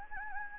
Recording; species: mosquito wingbeat signal from an infrared sensor; Anopheles gambiae